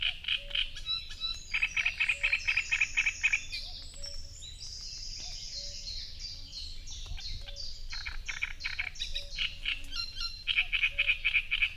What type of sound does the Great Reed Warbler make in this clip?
song